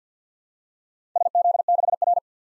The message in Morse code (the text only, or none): SZ6R